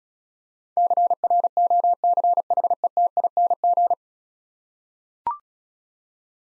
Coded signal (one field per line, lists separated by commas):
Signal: Morse code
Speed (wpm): 35 wpm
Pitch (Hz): 700 Hz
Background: none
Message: CROCHETING